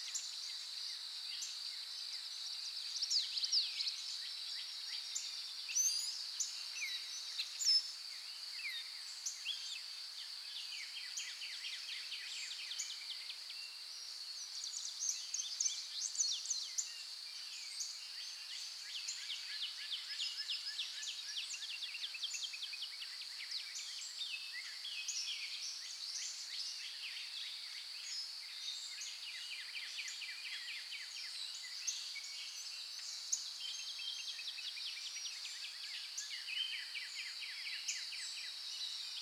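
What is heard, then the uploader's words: Birds chirp and trill repeatedly over a steady, high insect drone in the forest, with brief denser bursts of calls throughout. Birds in the Forest White Noise.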